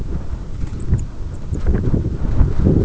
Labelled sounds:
White-rumped Sandpiper (Calidris fuscicollis)
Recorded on Arctic tundra, site EABA-1, on 22 June 2018
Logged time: 14:00

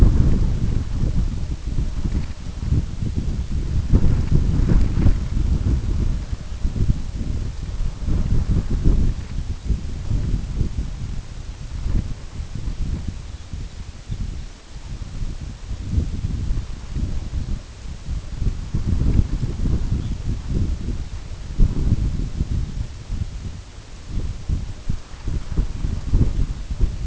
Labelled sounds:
unidentified sound, Red Phalarope (Phalaropus fulicarius)
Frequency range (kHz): Red Phalarope (Phalaropus fulicarius) 2.9-4.1 kHz
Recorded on Arctic tundra, site UTQI-5, on 25 June 2018
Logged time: 18:00

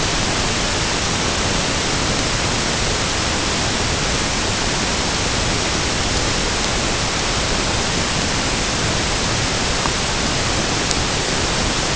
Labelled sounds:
none
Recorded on Arctic tundra, site UTQI-5, on 21 June 2018
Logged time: 06:00

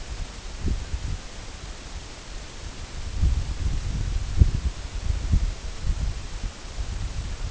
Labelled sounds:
Canada Goose (Branta canadensis)
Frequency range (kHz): Canada Goose (Branta canadensis) 0.9-2.2 kHz
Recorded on Arctic tundra, site EABA-1, on 23 June 2018
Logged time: 22:00

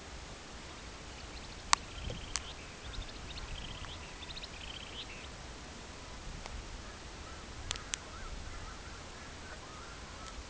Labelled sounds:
Long-billed Dowitcher (Limnodromus scolopaceus), unidentified sound
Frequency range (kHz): Long-billed Dowitcher (Limnodromus scolopaceus) 1.9-5.7 kHz
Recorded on Arctic tundra, site CORI-1, on 16 June 2018
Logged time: 14:00

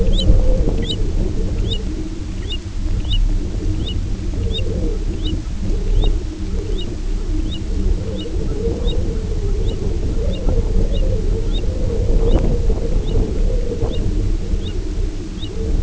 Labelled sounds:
American Golden-plover (Pluvialis dominica), unidentified sound
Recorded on Arctic tundra, site UTQI-0, on 19 June 2018
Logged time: 22:00

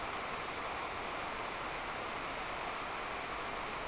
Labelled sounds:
none
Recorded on Arctic tundra, site NAIT-1, on 26 June 2018
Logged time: 09:00

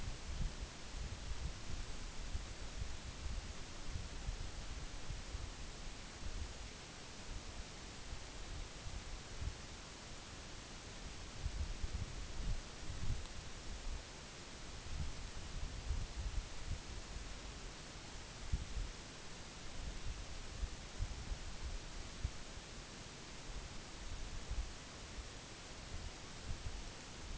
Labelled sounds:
none
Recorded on Arctic tundra, site NAIT-1, on 24 June 2019
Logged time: 14:00

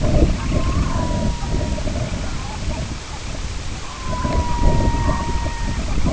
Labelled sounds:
Semipalmated Sandpiper (Calidris pusilla), Red-throated Loon (Gavia stellata), unidentified sound
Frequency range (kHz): Red-throated Loon (Gavia stellata) 0.7-2.3 kHz
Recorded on Arctic tundra, site IGLO-B, on 21 June 2018
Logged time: 07:59

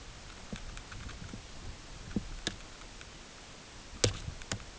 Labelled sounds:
none
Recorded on Arctic tundra, site UTQI-8, on 10 June 2019
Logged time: 14:00

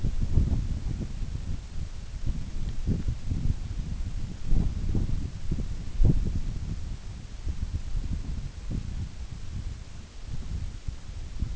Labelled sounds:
none
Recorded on Arctic tundra, site NAIT-1, on 24 June 2019
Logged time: 04:00

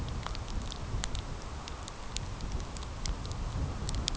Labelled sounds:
none
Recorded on Arctic tundra, site CORI-1, on 15 June 2018
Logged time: 12:00

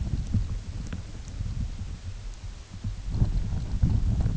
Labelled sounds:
none
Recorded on Arctic tundra, site UTQI-8, on 16 June 2019
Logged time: 20:00

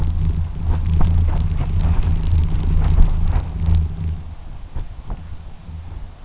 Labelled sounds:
none
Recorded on Arctic tundra, site UTQI-2, on 12 June 2019
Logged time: 04:00

